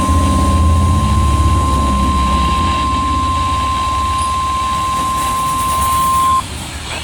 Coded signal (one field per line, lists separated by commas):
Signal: Emergency Alert System (SAME) tones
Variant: 1050 Hz attention tone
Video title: Haven't Done one of these in a while! (EAS#403)